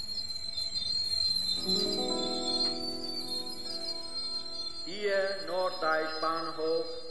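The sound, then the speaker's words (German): A train rolls into Norddeich station with a steady mechanical drone and a thin, high whine of squealing wheels, then sharper wavering screeches as the brakes bite near the end. “Hier Norddeich Bahnhof.”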